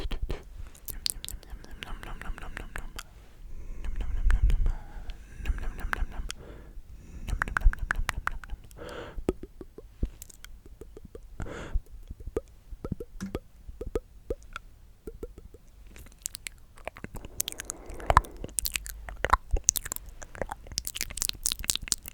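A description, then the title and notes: Mouth sounds: irregular wet clicks, smacks and pops scattered throughout, with soft breathy whispers and a low rumbling swell around the fourth second. ASMR The MOST Tingly MOUTH Sounds.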